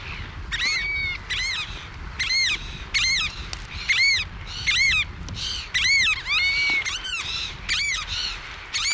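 Variable oystercatcher giving loud, shrill piping calls, arched and rich in overtones, repeated in quick irregular succession, with fainter calls between.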